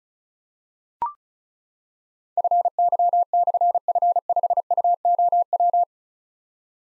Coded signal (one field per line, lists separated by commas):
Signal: Morse code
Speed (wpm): 36 wpm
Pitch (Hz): 700 Hz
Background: none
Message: FY/F5UOW